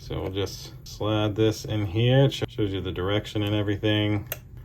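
A Class 10 32 GB microSD card is slid into the card slot of an Annke Crater Pro pan-tilt security camera while someone talks over the handling. The card has not yet been pushed home, and nothing has seated or clicked yet.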